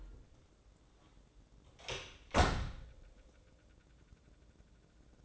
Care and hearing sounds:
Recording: daily activity, microphone in the room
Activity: close door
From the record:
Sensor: 3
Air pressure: 1012.3 hPa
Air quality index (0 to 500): 179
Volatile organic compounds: 3 ppm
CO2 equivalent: 1368 ppm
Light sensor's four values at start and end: 586/1459/603/619 and 611/1521/629/648

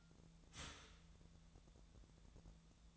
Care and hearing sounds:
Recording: daily activity, microphone in the room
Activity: start toaster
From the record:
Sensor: 3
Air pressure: 1000.2 hPa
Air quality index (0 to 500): 157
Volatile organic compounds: 3 ppm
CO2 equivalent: 1381 ppm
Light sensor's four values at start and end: 27/70/29/31 and 27/70/29/31

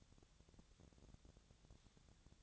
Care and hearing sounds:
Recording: daily activity, microphone in the room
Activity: take from stove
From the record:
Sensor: 3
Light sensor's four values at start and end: 7/18/7/7 and 7/18/7/7

